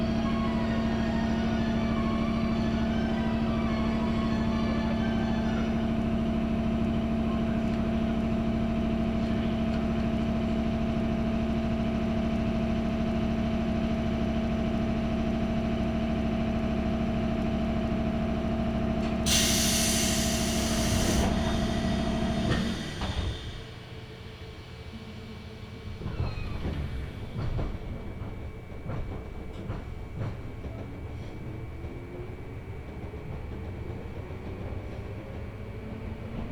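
Aboard a local train, a steady motor whine and low rumble run for the first twenty seconds, broken by a brief loud hiss near the twenty-second mark. The train then quiets and slows, with scattered clunks and a faint rising tone toward the end.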